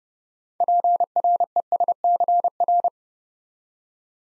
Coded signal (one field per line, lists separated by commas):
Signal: Morse code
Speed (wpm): 30 wpm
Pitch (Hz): 700 Hz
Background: none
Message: PRESCR